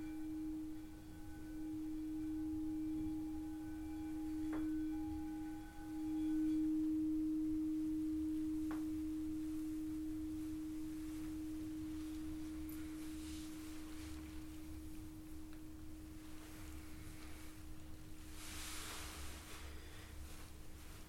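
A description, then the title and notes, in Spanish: A singing bowl session: one steady, pure mid-low tone rings unbroken for the whole stretch, with fainter higher overtones that fade out after about seven seconds. Two brief taps sound near 4 and 9 seconds, a low rumble runs underneath, and a soft hiss rises around 18 seconds. Sesion de cuencoa para armonizar cuerpo, mente y alma.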